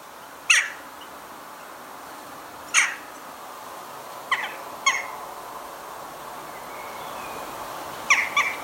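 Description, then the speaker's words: Western jackdaw calls, short sharp 'chack' notes given singly at irregular intervals, with a final quick run of a few notes near the end. Main call, which sounds petulant, as if upset; heard in a garden. "Their main call sounds petulant to me, like they're upset things aren't going their way."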